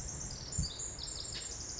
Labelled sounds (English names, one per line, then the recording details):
Pacific Wren
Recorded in Sonoma County, California